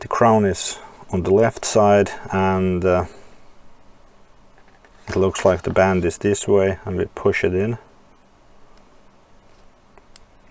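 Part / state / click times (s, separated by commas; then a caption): watch band into smartwatch case slot / seated / 10.2 s. Someone talks while a smartwatch band end is slid into the slot on the watch case and pushed in. After a quieter stretch with faint handling sounds, a short sharp click at 10.2 s marks the band latching and seating in the slot.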